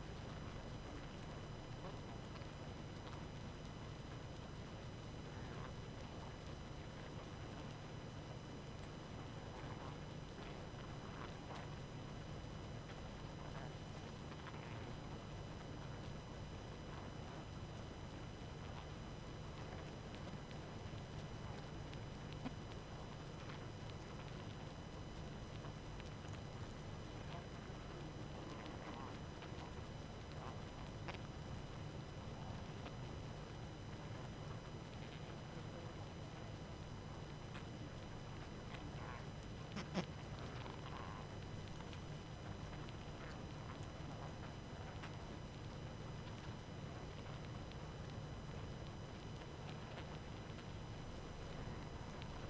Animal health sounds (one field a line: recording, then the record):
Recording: honeybee colony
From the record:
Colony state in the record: active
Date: 12 June 2018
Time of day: 23:38